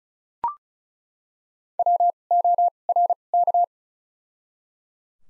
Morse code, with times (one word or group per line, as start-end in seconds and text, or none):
1.8-2.1 W
2.3-2.7 O
2.9-3.1 R
3.3-3.6 K